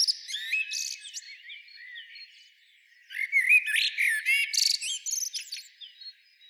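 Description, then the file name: Common blackbird singing two warbling phrases, each mixing low fluted notes with rapid high chittering, separated by a brief lull. "Turdus merula"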